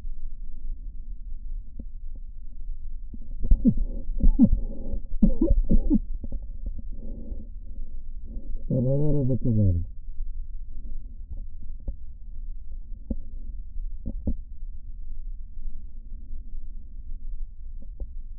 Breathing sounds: lung sounds by stethoscope; left posterior basal chest; quiet breathing, then cough and speech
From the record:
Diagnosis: interstitial lung disease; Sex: male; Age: 72 years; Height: 170 cm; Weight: 62.9 kg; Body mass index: 21.8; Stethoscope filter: diaphragm mode

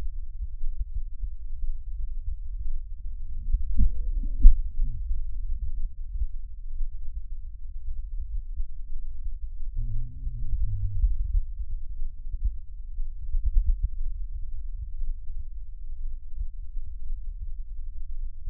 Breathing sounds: lung sounds by stethoscope; left anterior apical chest; quiet breathing, then cough and speech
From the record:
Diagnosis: interstitial lung disease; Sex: male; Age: 74 years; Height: 160 cm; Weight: 54 kg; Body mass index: 21.1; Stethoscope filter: bell mode

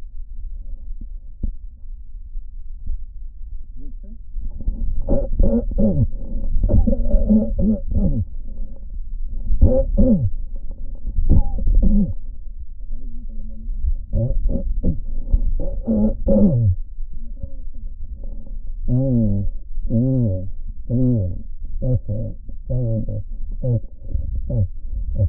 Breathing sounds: lung sounds by stethoscope; right posterior basal chest; quiet breathing, then cough and speech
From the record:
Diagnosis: pulmonary infection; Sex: male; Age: 86 years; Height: 165 cm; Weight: 65 kg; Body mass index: 23.9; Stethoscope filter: diaphragm mode

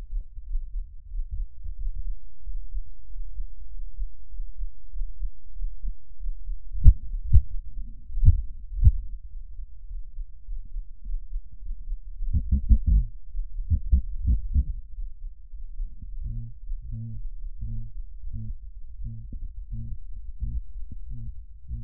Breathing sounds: lung sounds by stethoscope; left anterior apical chest; quiet breathing, then cough and speech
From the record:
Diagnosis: none (healthy); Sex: male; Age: 23 years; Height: 185 cm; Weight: 93 kg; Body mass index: 27.2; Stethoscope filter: bell mode

